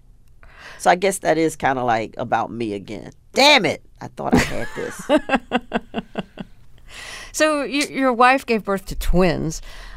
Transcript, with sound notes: so I guess that is kind of, like, about me again. Damn it. I thought I had this.
(Laughter). So your wife gave birth to twins,